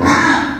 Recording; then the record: squeal of a Yucatan mini pig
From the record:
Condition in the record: after surgery on the right vocal fold (resection and tissue-engineered implant); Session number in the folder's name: 7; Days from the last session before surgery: 47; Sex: female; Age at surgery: 19 weeks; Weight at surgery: 25 kg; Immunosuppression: prednisolone